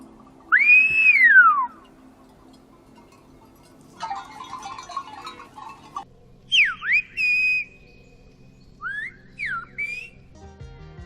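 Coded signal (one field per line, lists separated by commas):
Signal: whistled language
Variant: Silbo Gomero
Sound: several loud gliding whistles rising and falling, with short pauses and some background voices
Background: outdoor voices, wind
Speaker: el silbo gomero es muy importante para la teoría de la comunicación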